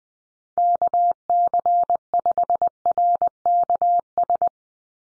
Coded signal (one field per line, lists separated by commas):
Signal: Morse code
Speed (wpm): 20 wpm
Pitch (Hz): 700 Hz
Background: none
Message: KC5RKS